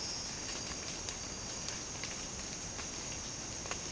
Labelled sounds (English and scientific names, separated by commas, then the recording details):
none
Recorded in secondary vegetation near Puerto Asís, Putumayo, Colombia, on 12 March 2025 at 07:30
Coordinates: 0.485, -76.322
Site G040